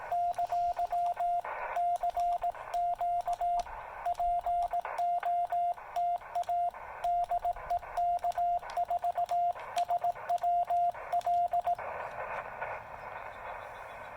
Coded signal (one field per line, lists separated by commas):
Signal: Morse code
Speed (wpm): 18 wpm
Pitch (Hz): 700 Hz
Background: radio noise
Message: ! CQ POTA DE K4SWL